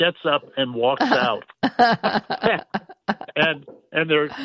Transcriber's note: laughs